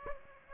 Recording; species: mosquito wingbeat signal from an infrared sensor; Aedes aegypti